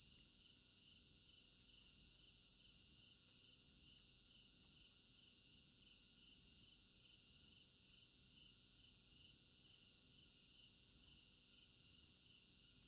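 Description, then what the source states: Crickets trilling together in a constant high-pitched, softly pulsing wall of sound that never pauses, with nothing else clearly heard. Crickets in an African village garden at night, recorded in binaural stereo.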